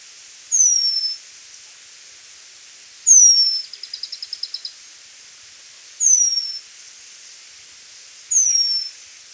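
Penduline tit with four thin, falling whistles spaced about two to three seconds apart; a quick series of faint ticks follows the second one.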